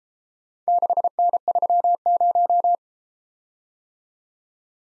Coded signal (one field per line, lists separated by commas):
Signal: Morse code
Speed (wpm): 30 wpm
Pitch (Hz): 700 Hz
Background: none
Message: 6N30